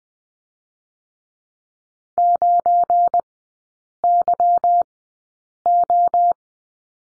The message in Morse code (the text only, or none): 9YO